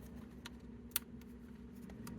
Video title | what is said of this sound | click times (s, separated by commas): Chuck's Reviews Transformers Legacy Velocitron Speedia 500 Cosmos | just like so until it snaps into place and that will | 1.0 s